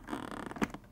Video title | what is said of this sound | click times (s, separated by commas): How to change a visor: Nolan N90-3 motorcycle helmet | there's a click not quite so pronounced make sure that's under at that point | 0.6 s